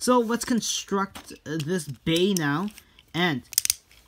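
Someone talks while handling the plastic and metal parts of a spinning top toy, with a spinning top layer being fitted onto its driver and disc assembly. A few short, sharp ticks of the parts being handled come near the end, but nothing has seated or clicked into place yet.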